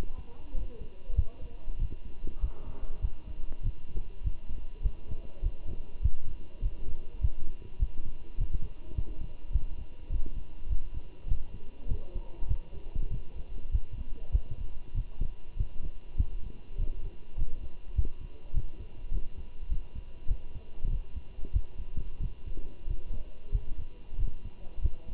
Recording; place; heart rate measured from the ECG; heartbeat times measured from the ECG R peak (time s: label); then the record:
heart sounds by stethoscope; between the tricuspid and mitral areas; 99 bpm
0.55 s: heartbeat
1.16 s: heartbeat
1.80 s: heartbeat
2.42 s: heartbeat
3.02 s: heartbeat
3.63 s: heartbeat
4.24 s: heartbeat
4.83 s: heartbeat
5.43 s: heartbeat
6.03 s: heartbeat
6.62 s: heartbeat
7.22 s: heartbeat
7.80 s: heartbeat
8.38 s: heartbeat
8.95 s: heartbeat
9.53 s: heartbeat
10.10 s: heartbeat
10.69 s: heartbeat
11.28 s: heartbeat
11.89 s: heartbeat
12.49 s: heartbeat
13.11 s: heartbeat
13.72 s: heartbeat
14.32 s: heartbeat
14.95 s: heartbeat
15.57 s: heartbeat
16.18 s: heartbeat
16.78 s: heartbeat
17.38 s: heartbeat
17.96 s: heartbeat
18.54 s: heartbeat
19.12 s: heartbeat
19.70 s: heartbeat
20.28 s: heartbeat
20.90 s: heartbeat
21.53 s: heartbeat
22.21 s: heartbeat
22.88 s: heartbeat
23.53 s: heartbeat
24.19 s: heartbeat
24.82 s: heartbeat
From the record:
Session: walking at 3.7 km/h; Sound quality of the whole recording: good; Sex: male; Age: 23 years